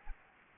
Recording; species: mosquito wingbeat signal from an infrared sensor; Anopheles gambiae